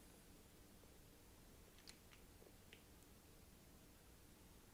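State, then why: Not seated. A replacement plastic golf spike is being handled and pushed into the threaded receptacle in a Nike golf shoe sole, ready to be twisted until it locks. Faint handling ticks come at about 1.9, 2.1 and 2.7 s over a quiet background. Nothing has seated or clicked yet.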